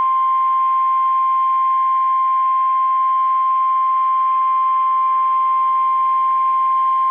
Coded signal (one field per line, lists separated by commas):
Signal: Emergency Alert System (SAME) tones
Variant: 1050 Hz attention tone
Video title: Severe Thunderstorm Warning (Southeast NY/Southwest CT) (6/3/20) [EAS #40]